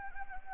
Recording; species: mosquito wingbeat signal from an infrared sensor; Anopheles gambiae